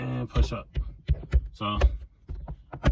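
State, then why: Seated. A plastic cover on a Toyota/Scion sun visor mount is pushed up into the roof headliner bracket from the driver's side until its tabs lock in. Someone talks, then small clicks follow, with the cover seating with a click at 2.7 s. The cover ends up locked in place.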